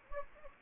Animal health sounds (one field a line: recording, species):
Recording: mosquito wingbeat signal from an infrared sensor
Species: Anopheles gambiae